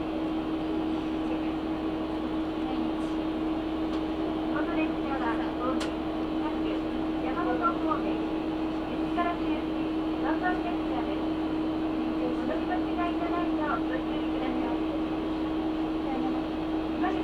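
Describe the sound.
A train running on the Karatsu and Nagasaki Main lines gives a steady, unchanging drone with a low rumble and a constant mid-pitched hum. Murmured voices rise through the middle, most between about four and fourteen seconds, with a few faint clicks.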